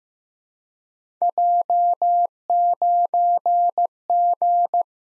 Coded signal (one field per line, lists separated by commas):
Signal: Morse code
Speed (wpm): 15 wpm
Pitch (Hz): 700 Hz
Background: none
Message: J9G